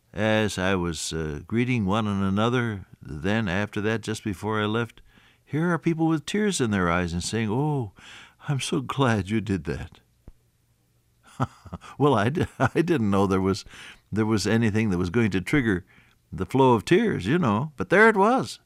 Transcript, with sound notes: as I was greeting one another, then after that just before I left, here are people with tears in their eyes and saying, “Oh, I’m so glad you did that.” [chuckle] Well I didn’t know there was anything that was going to trigger the flow of tears but there it was.